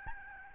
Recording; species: mosquito wingbeat signal from an infrared sensor; Aedes albopictus